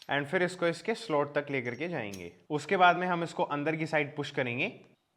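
A circlip for the gearbox shaft of a TVS Victor (3 Valve) motorcycle is being handled: it is expanded with circlip pliers, slid along the shaft toward its groove and about to be pushed in. Only someone talking is heard, and nothing has seated or clicked into the groove yet.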